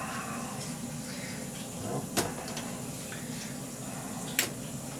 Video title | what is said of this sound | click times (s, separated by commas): TRAINING MISMATCHED RAM ON X299 SAGE (and other things) | there I got the click | 4.4 s